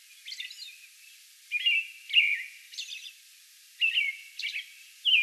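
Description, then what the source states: American robin song: short caroling whistled phrases given in bursts with brief pauses, with thin high squeaky notes mixed in. Song bout recorded May 11.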